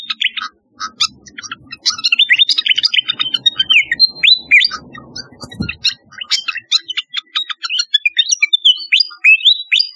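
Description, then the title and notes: Flycatcher song, a rapid run of high chirps and downslurred whistled notes, busy and varied, with a soft low rumble partway through. "Kicau Burung Sikatan"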